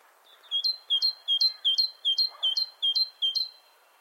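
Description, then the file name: Great tit giving about eight evenly spaced two-note phrases, high and piercing, in one continuous run over soft background noise. "Parus major"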